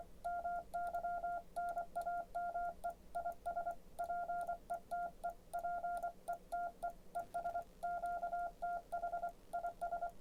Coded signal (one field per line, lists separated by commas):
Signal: Morse code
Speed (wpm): 24 wpm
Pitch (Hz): 700 Hz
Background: none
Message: MY NAME IS PETE PETE ES QTH IS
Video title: G0PNM's Keys #20 The Begali Sculpture Janus